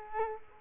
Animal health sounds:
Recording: mosquito wingbeat signal from an infrared sensor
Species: Culex quinquefasciatus

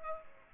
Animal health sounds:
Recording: mosquito wingbeat signal from an infrared sensor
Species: Culex pipiens

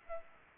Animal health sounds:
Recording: mosquito wingbeat signal from an infrared sensor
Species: Aedes aegypti

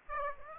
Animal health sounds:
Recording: mosquito wingbeat signal from an infrared sensor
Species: Aedes aegypti

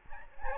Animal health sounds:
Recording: mosquito wingbeat signal from an infrared sensor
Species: Aedes albopictus

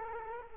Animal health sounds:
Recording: mosquito wingbeat signal from an infrared sensor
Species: Culex quinquefasciatus

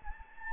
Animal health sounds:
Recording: mosquito wingbeat signal from an infrared sensor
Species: Anopheles gambiae

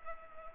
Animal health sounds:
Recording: mosquito wingbeat signal from an infrared sensor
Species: Culex pipiens

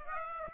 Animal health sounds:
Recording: mosquito wingbeat signal from an infrared sensor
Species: Aedes aegypti

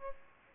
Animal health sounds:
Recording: mosquito wingbeat signal from an infrared sensor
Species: Aedes aegypti

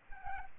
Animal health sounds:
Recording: mosquito wingbeat signal from an infrared sensor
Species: Aedes aegypti

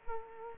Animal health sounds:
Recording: mosquito wingbeat signal from an infrared sensor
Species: Culex quinquefasciatus

